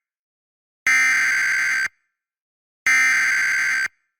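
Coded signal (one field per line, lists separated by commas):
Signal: Emergency Alert System (SAME) tones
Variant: header bursts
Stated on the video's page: Real EAS alerts captured during storms in the Northeast and Mid-Atlantic.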